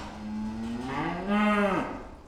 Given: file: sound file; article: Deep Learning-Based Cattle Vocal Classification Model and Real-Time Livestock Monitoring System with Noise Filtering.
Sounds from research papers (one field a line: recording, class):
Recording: cattle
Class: food anticipating call